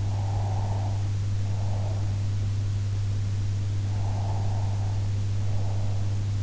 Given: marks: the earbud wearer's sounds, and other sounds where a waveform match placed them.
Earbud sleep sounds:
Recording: sounds in sleep by an in-ear microphone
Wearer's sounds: breath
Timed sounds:
0.00-2.31 s: breath
3.83-6.26 s: breath

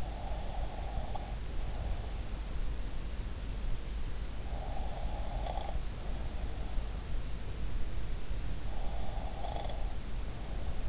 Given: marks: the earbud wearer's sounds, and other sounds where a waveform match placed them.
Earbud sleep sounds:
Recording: sounds in sleep by an in-ear microphone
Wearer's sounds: breath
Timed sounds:
0.00-2.46 s: breath
4.49-6.85 s: breath
8.78-10.89 s: breath

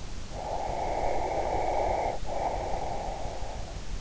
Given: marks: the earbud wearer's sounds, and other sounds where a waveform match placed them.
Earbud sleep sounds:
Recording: sounds in sleep by an in-ear microphone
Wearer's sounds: breath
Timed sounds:
0.34-3.78 s: breath

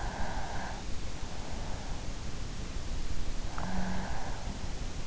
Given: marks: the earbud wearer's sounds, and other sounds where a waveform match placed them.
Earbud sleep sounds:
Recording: sounds in sleep by an in-ear microphone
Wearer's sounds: breath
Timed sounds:
0.00-1.08 s: breath
3.42-4.97 s: breath

